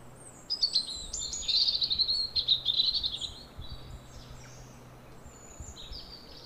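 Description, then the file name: European robin song, a long high phrase of sweet trilled and warbled notes for nearly three seconds, then softer high notes. "Erithacus rubecula"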